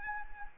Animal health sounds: mosquito wingbeat signal from an infrared sensor; Anopheles arabiensis

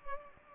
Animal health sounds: mosquito wingbeat signal from an infrared sensor; Culex pipiens

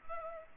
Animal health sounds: mosquito wingbeat signal from an infrared sensor; Culex pipiens

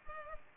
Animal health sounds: mosquito wingbeat signal from an infrared sensor; Culex pipiens

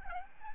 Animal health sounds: mosquito wingbeat signal from an infrared sensor; Aedes albopictus

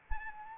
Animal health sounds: mosquito wingbeat signal from an infrared sensor; Anopheles arabiensis

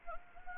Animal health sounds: mosquito wingbeat signal from an infrared sensor; Anopheles gambiae

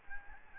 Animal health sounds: mosquito wingbeat signal from an infrared sensor; Aedes albopictus

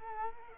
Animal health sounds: mosquito wingbeat signal from an infrared sensor; Culex quinquefasciatus

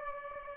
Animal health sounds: mosquito wingbeat signal from an infrared sensor; Aedes aegypti

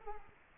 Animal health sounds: mosquito wingbeat signal from an infrared sensor; Culex quinquefasciatus

